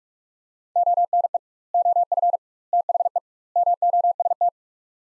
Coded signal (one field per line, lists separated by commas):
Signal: Morse code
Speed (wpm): 47 wpm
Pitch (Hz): 700 Hz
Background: none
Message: ONE OF THE MOST